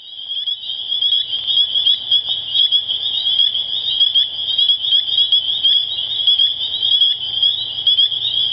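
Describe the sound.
Spring peeper chorus fading in, then a constant high-pitched ringing of many overlapping peeps with individual upslurred notes standing out throughout, plus a faint low hum.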